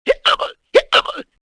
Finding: Hiccups.